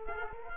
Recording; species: mosquito wingbeat signal from an infrared sensor; Culex quinquefasciatus